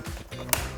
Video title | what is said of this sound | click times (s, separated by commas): Fertigstellung & Anschluss iV14-Zero Connect / Lüftungsschule auf der Baustelle | It snaps into place and then we're done. | 0.5 s